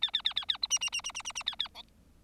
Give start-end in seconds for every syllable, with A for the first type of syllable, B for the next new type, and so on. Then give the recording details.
0.02-0.11 A, 0.13-0.22 A, 0.24-0.34 A, 0.36-0.45 A, 0.48-0.57 A, 0.62-0.67 B, 0.70-0.79 C, 0.81-0.90 C, 0.92-1.01 C, 1.04-1.12 C, 1.14-1.22 C, 1.25-1.32 C, 1.35-1.43 C, 1.46-1.56 A, 1.59-1.68 A, 1.74-1.82 D. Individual Bird4